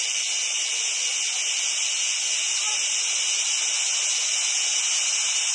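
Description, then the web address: Cicadas singing: a dense, unbroken high-pitched hissing buzz, steady in loudness throughout. "SFXSource AOS Cicadas"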